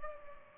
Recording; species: mosquito wingbeat signal from an infrared sensor; Culex pipiens